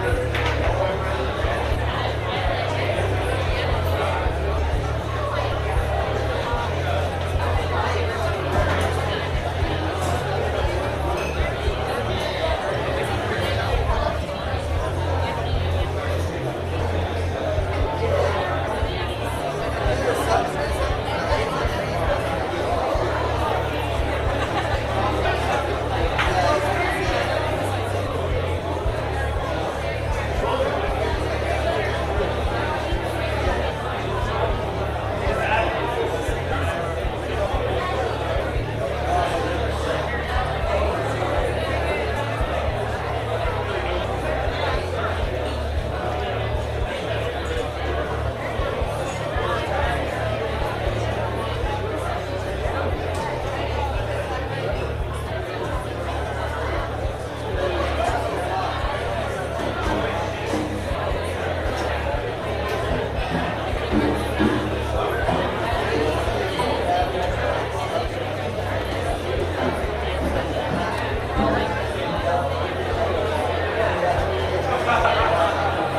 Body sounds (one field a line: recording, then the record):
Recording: background sound without coughing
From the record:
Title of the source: CITY SOUNDS Busy Bar in the Evening Night - 2 HOURS of Ambiance for Relaxation